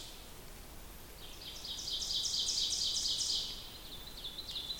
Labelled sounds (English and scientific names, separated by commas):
Ovenbird (Seiurus aurocapilla) song